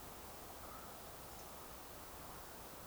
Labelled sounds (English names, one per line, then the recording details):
Eurasian Woodcock whistle
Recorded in Baden-Württemberg, Germany, on 12 June 2020 at 20:24 UTC
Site 43791, 788 m above sea level